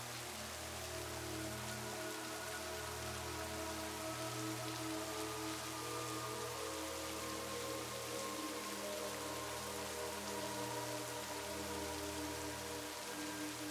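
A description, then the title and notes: A gentle rain shower hisses steadily and evenly throughout, with a fine, dense patter close by. Soft, slow music sits beneath it: long held low tones and sustained notes that shift only gradually, with no sharp changes in loudness. The comforting sound of a gentle rain shower and carefully composed soothing music. Sound of RAIN and Soothing MUSIC.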